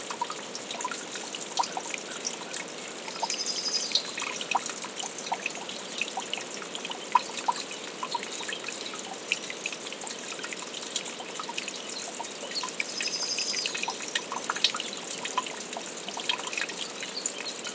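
A brook trickles and bubbles steadily, with dense bright splashing and frequent small drips and plinks scattered throughout, no low rumble beneath.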